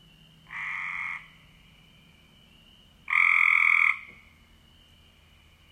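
Cope's gray treefrog trilling, a softer buzzy burst followed by a louder harsh one, separated by a couple of seconds, over a thin continuous high tone.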